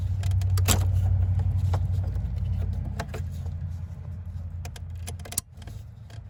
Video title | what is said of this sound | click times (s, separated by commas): HOW TO INSTALL STEERING WHEEL POSITION ANGLE SENSOR ON A 2007 - 2013 CHEVY SILVERADO | You heard that click? Make sure it clicks. | 5.4 s